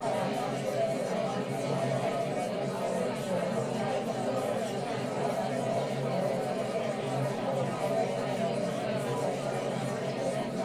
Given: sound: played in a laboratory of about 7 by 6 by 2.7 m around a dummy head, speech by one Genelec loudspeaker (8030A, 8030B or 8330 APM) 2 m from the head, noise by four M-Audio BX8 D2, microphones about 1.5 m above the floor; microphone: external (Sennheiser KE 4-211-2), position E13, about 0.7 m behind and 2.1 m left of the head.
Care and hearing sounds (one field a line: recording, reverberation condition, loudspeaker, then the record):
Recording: babble noise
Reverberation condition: low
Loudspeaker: four, about 170 cm from the corners of the room and facing them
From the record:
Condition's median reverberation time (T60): about 310 ms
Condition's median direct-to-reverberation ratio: about 3.5 dB